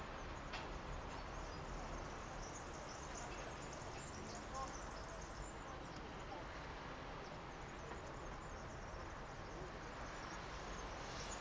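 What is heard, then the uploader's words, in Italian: Street noise heard from a balcony on the outskirts of Verona: a steady low traffic rumble with faint voices and scattered small sounds throughout. I rumori delle strade, delle tortore, delle belle passanti, del mondo: dall'alto di un balcone della periferia veronese, in questa timidissima primavera.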